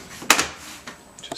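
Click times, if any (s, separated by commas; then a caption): 0.3 s. A removed part, most likely a plastic cover or panel, is pushed back onto a Thermaltake Chaser MK-1 PC case during a CPU build. A sharp, loud snap at 0.3 s, with a quick follow-up burst at 0.4 s, shows the part seating into place, followed by lighter handling noises.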